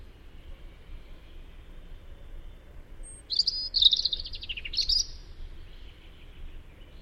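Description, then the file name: European robin song: one high, sweet phrase of rapid warbled notes that dips in pitch, then a final bright note, with soft background hiss. "Tomas Belka - Zaryanka Erithacus rubecula"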